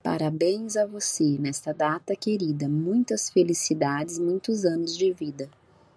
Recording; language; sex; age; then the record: short text; Brazilian Portuguese; female; 40 to 49 years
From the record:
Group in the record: control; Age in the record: 42 years